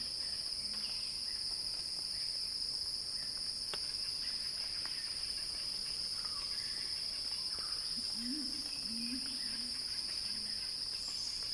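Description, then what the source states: Cicada song as a continuous shrill drone on one pitch, with a short series of low hoots in the latter part. Cicada crescendo, recorded by Axel Drioli for Earth.fm.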